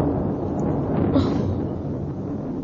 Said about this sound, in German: Zwischen Blitz und Donner liegen etwa 1,5 Minuten. Ich glaube, das Gewitter kommt näher.